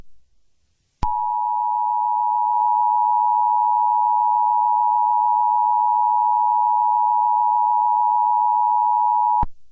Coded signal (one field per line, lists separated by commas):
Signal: Emergency Alert System (SAME) tones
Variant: 853 and 960 Hz attention tone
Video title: EAS Scenario - FireBall